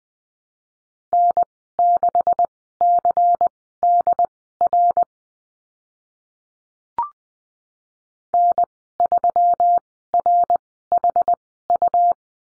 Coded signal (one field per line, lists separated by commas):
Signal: Morse code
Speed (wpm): 20 wpm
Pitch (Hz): 700 Hz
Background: none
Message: N6CDR N3RHU